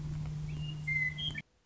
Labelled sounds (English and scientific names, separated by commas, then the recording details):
Western Meadowlark (Sturnella neglecta)
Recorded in Sonoma County, California